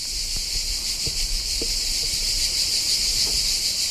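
A steady, high-pitched droning buzz of cicadas fills the air in Sant'Arcangelo di Romagna during a performing arts festival, with a few soft low thumps and rustles underneath and no voices.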